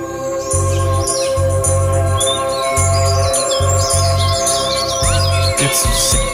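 Birds chirp and twitter in quick, high, overlapping calls, layered over a steady musical backdrop with a thumping low bass pulse and sustained tones.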